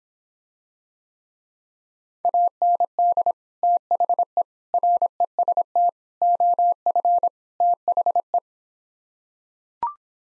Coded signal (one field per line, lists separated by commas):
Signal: Morse code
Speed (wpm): 26 wpm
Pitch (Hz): 700 Hz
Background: none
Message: AND THE REST OF THE